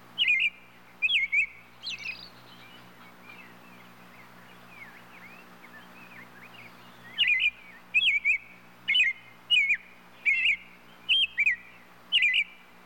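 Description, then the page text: Robin giving short, sharp high chirps, a few at first, then softer twittering, then a steady series of chirps. "Robin Bird Calls. Quick Sounds"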